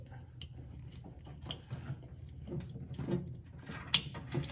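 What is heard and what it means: Black-and-white wire terminals of a VW Bug wiring harness are pushed into a connector housing, with soft handling rustle and low background noise. Sharp snaps at 0.4 s and 3.9 s mark the terminals snapping into place, and they are seated and installed.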